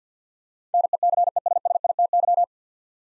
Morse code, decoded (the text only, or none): NECESSITY